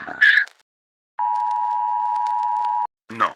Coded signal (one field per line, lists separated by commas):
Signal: Emergency Alert System (SAME) tones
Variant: 853 and 960 Hz attention tone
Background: speech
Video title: EAS Scenario - SCP-001 (Cuando raya el alba) - Parte 3 (final)